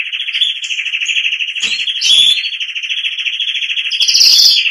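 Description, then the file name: Canary song: a sustained rolling trill held at one pitch throughout, with brief higher whistled notes layered over it. "canto do canario giboso espanhol"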